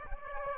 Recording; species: mosquito wingbeat signal from an infrared sensor; Aedes aegypti